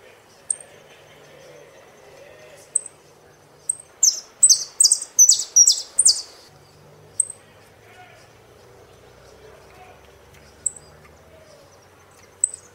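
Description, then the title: Saffron finch song: sparse high ticks, then a two-second burst of loud, rhythmic, falling chirps, then more widely spaced ticks. "Jilguero Argentino"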